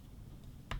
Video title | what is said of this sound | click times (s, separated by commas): How to Replace Right Thumbstick on PlayStation Portal - Teardown Repair | You'll hear it click there, and then | 0.7 s